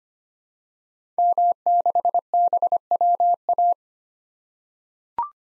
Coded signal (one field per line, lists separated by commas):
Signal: Morse code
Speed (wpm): 25 wpm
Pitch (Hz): 700 Hz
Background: none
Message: M6BWA